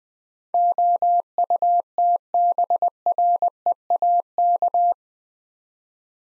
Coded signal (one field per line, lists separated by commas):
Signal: Morse code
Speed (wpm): 20 wpm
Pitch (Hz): 700 Hz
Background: none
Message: OUTBREAK